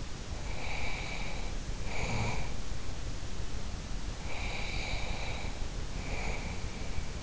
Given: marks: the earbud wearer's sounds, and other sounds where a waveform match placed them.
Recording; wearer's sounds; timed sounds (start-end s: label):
sounds in sleep by an in-ear microphone; breath
0.35-2.63 s: breath
4.15-7.22 s: breath